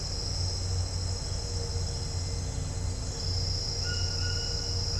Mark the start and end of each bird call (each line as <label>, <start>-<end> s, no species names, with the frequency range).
bird call (0.8-3.4 kHz), 3.84-5.00 s